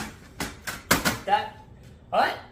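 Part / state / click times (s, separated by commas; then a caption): removable part of a robot vacuum going back into the robot body / seated / 0.9 s. A removable part of a robot vacuum is pushed back into the robot body after being slid out and looked over, and it snaps into place with a sharp click at 0.9 s. A softer knock comes just before at 0.4 s, and someone talks after the click.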